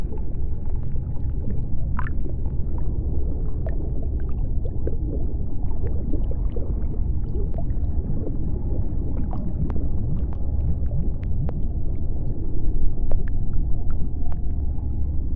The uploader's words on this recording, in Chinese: 亚特兰蒂斯，水下城市｜白噪音。